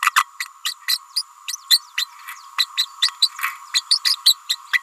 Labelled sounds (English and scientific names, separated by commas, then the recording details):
Green-rumped Parrotlet (Forpus passerinus) babbling
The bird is a female
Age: 29 days
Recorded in a nest box in Venezuela
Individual 17B31A3